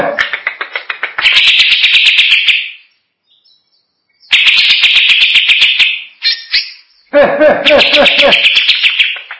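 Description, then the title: Greater green leafbird: a string of loud buzzy rattling bursts with short pauses, some mixed with lower pulsed notes. "Cucak ijo"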